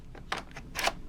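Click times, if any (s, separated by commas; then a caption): none. A battery pack is handled into the battery bay on the underside of an ASUS G73JH-A2 Core i7 Radeon HD 5870 gaming notebook, giving light plastic taps around 0.2 s, a sharper tap at 0.3 s and a fainter one near 0.6 s, then a louder scraping rattle from about 0.8 to 0.9 s. The battery has not yet locked in place; nothing has seated or clicked yet.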